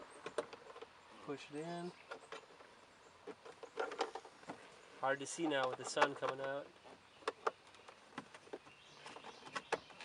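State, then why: Not seated. A plastic stop clip that keeps the glove compartment of a Honda Odyssey from falling open is being pushed back into the dashboard while someone talks. Short sharp handling clicks and taps are heard throughout, but nothing has seated or clicked into place yet.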